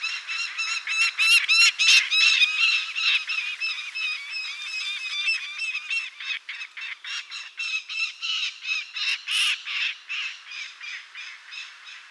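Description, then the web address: Lanner falcon giving a long series of harsh, grating calls, about three notes a second. "Lanner-falcon صدای-پرنده-لاچين"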